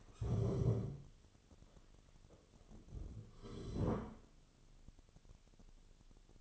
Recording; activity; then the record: daily activity, microphone in the room; stand up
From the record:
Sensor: 4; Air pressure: 1016.1 hPa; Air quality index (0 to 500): 172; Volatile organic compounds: 7 ppm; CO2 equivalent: 1961 ppm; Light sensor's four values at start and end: 9/20/8/7 and 9/19/8/7